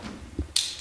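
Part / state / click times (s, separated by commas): locking pliers clamped onto a rubber stall mat / seated / 0.6 s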